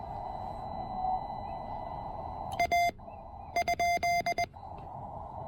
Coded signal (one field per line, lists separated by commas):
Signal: Morse code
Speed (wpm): 20 wpm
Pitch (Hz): 2100 Hz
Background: none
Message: A ?